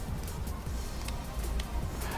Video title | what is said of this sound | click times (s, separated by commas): Morel Tempo Ultra's go in the Car Stereo Lab 1 | And what this is designed designed to do is this tweeter here will snap into place | 1.1 s, 1.6 s